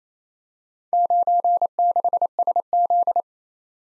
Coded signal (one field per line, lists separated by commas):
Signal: Morse code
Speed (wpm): 27 wpm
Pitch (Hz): 700 Hz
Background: none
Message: 96SZ